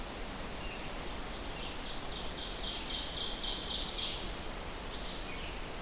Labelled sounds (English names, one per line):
Ovenbird song